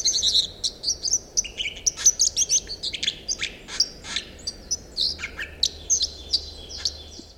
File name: White throated Dipper